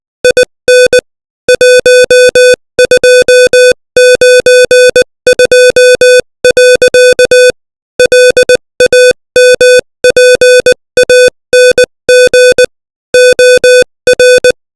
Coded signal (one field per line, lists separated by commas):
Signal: Morse code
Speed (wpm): 20 wpm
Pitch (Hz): 500 Hz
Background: music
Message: IN 1292. LAMPANG OR